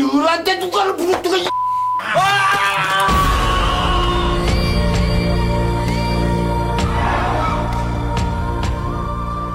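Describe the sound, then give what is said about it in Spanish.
A shouting voice in an Asian film trailer is abruptly cut by a single steady, high-pitched censor beep over a swear word, lasting about half a second, after which loud, dense music and commotion take over. “Me gusta mucho que en esta película asiática pongan el pitido justo en el insulto, ¿no?”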